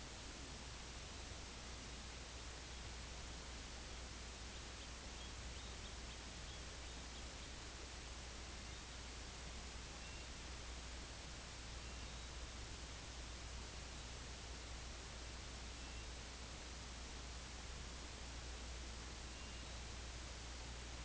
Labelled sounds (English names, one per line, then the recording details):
American Golden-plover
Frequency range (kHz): American Golden-plover 2.2-4.4 kHz
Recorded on Arctic tundra, site IGLO-A, on 24 June 2018
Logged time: 23:59